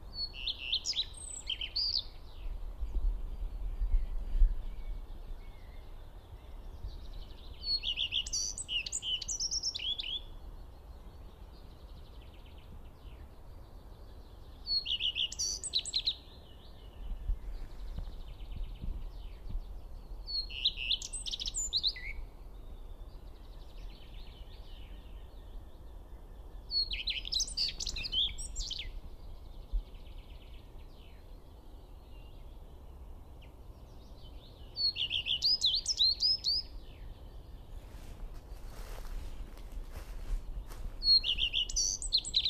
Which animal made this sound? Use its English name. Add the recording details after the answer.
Common Redstart. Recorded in the wild. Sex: male. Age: adult. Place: Schönow, Naturpark Barnim, Brandenburg, DE. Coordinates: 52.6842, 13.5008. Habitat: decidous forest. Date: 2013-05-01. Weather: sunny, windless, 10°C. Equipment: Sound Devices 702, Sennheiser MKH 70, Rycote Windschutz. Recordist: Frommolt, Karl-Heinz. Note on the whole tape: Naturschutzgebiet Schönower Heide: Gesang eines Gartenrotschwanzes. Tier singt in lockerem Laubwaldbestand (Eichen, Birken). Entfernung 20 m